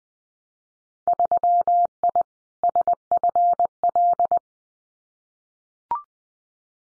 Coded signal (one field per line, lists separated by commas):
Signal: Morse code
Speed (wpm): 19 wpm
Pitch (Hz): 700 Hz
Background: none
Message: 3I SFL